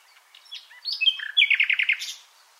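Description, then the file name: Common nightingale brief phrase: soft notes, a couple of whistled slurs, then a quick series of about six loud repeated notes. "Luscinia megarhynchos"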